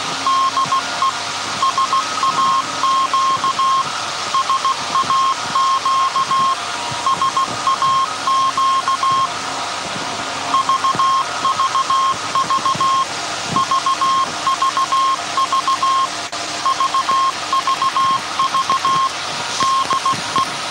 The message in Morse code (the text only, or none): DE SAQ SAQ SAQ VVV VVV VVV DE